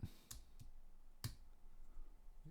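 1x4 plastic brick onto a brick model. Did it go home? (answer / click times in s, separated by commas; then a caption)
yes / 1.2 s. A 1x4 trans-clear plastic brick is pressed onto a tight spot across the front end of a vintage 1971 LEGOLAND Construction Set 604-2 Excavator model. A smaller click comes at 0.3 s, then the brick seats with a sharp, loud click at 1.2 s, with faint handling noise around it.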